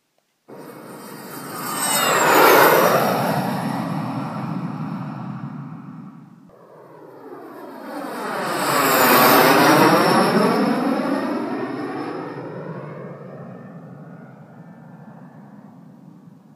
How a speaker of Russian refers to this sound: Они здорово перепугались, когда над их головами вдруг раздался звук двигателя, а через секунду промчалось два дискава, выдерживая курс на юг в эпицентр сражения.